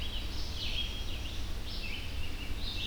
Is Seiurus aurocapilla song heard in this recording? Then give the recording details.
no. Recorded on 25 June 2016 at 06:18. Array SBT-6-76